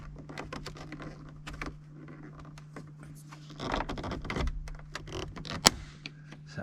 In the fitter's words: hear that snap.